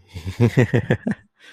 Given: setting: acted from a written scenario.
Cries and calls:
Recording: vocal sound without words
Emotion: elation

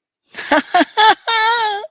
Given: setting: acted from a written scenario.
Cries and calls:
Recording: vocal sound without words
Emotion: elation

